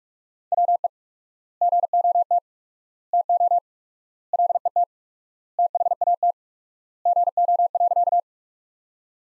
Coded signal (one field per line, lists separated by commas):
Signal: Morse code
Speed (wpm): 43 wpm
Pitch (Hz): 700 Hz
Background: none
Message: WE GOT TO LET THAT GO.